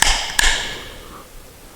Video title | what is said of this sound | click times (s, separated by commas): Cooling System Pressure Test | you then screw on the cap until you hear the click noise if it is the type that clicks now | 0.0 s, 0.4 s